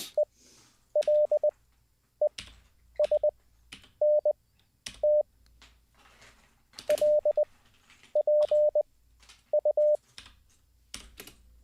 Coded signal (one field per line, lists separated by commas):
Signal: Morse code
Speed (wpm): 20 wpm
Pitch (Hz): 600 Hz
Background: none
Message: ELESNT LPU